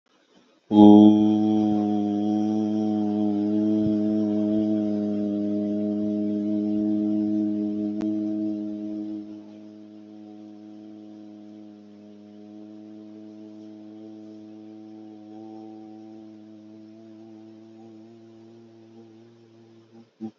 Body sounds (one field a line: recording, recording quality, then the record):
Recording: sustained vowel as in boot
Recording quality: excellent, no background noise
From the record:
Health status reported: healthy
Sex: male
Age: 29 years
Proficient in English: yes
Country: India